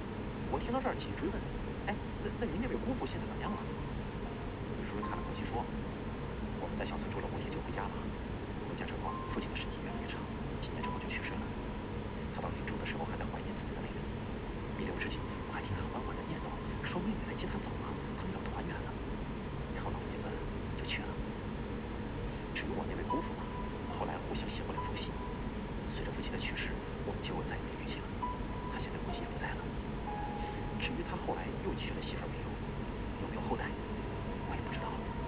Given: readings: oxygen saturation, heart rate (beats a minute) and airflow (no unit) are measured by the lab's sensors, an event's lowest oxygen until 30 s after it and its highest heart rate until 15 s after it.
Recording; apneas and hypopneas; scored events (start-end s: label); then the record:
breathing in sleep by a voice recorder at the bedside; none
11.00-35.28 s: new sleep stage, N2 (light sleep)
From the record:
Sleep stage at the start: N1 (lightest sleep); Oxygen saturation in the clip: 93 to 94%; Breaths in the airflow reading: 10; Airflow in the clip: -1.5 to 2.1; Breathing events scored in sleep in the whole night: 335 in 6.7 hours asleep